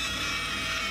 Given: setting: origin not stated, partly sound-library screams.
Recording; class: one-second piece from a danger detection set; woman in danger